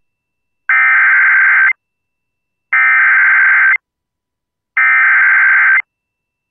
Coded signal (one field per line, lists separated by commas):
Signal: Emergency Alert System (SAME) tones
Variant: header bursts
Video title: EAS Flood Warning Northeast Wisconsin/Michigan Upper Peninsula WGLQ-FM (Station Created EAS)